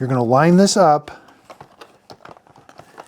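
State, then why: Not seated. Someone talks as the plastic power head of a Dyson Ball Animal 3 upright vacuum is lined up with its notch and two electrical contacts on the vacuum body, which is laid on its back. After the talking come several faint, short handling taps and rattles. The head has not been slid on yet, and nothing has clicked into place.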